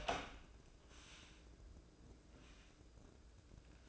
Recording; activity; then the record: daily activity, microphone in the room; open door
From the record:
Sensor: 2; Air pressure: 1012.2 hPa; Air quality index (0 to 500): 160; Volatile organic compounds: 2 ppm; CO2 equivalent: 1171 ppm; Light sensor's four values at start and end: 393/983/399/417 and 389/975/396/413